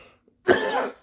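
A single short, harsh cough from an adult who has been coughing a little during the day, with a cleared-throat quality, in a quiet room.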